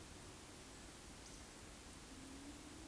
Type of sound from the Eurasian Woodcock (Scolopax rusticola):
whistle